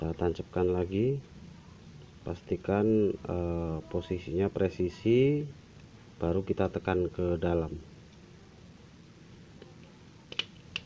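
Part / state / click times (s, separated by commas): push-button switch assembly into an electric fan's switch housing / seated / 10.4 s, 10.8 s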